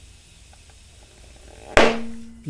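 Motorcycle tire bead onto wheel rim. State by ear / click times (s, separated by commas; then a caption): seated / 1.8 s. A motorcycle front tire is inflated through its valve so the rubber bead seats on the metal wheel rim, with a faint hiss of air before a single sharp, loud pop at 1.8 s. The pop leaves a ringing metallic tone that fades over the next half second, and a new sound starts right at the end. The bead is seated; only one pop is heard here, while two pops are needed to show both beads are in.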